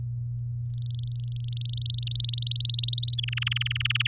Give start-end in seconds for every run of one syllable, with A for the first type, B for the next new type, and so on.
0.70-2.18 A, 2.20-3.15 B, 3.18-4.08 C